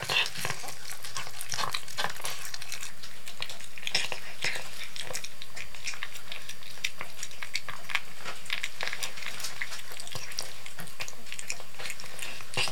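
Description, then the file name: Cat eating: a rapid, uneven run of wet clicks, smacks and chewing noises continues throughout. Cat eating canned cat food. "Digiffects Sound Effects Library - Cat Eating Canned Cat Food"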